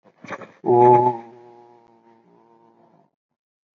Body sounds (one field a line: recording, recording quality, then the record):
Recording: sustained vowel as in boot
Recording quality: moderate, slight background noise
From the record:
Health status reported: healthy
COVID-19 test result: negative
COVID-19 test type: RT-PCR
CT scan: taken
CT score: 5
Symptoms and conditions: cough, cold, sore throat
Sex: male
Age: 21 years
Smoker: yes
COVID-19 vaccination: both doses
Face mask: not worn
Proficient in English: yes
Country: India